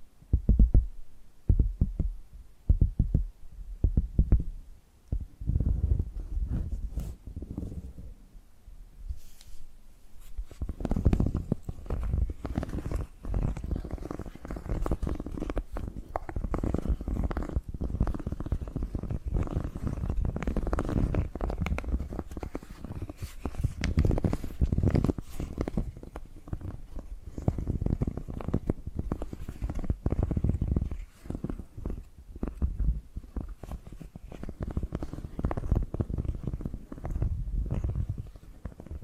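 Tapping and scratching sounds, with sparse, separate low knocks for the first ten seconds. After a short pause, the activity becomes dense and continuous, a busy run of quick taps and scrapes that stays fairly even to the end, mostly low and dull with some brighter ticks.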